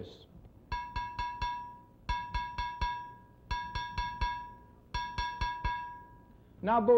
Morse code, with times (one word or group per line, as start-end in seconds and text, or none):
none